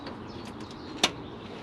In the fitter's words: Make sure it clicks into place like that.